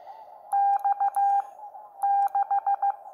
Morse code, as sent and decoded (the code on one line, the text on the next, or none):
-..- / -....
X 6